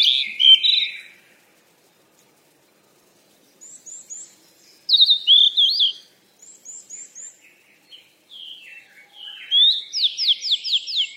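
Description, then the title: Bird chirps come in scattered phrases with quiet gaps: a warbled opening, thin high notes, a loud twisting phrase, and a fast series of notes at the end. "鸟儿喳喳"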